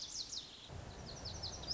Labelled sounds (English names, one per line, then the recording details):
Lazuli Bunting
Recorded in Sonoma County, California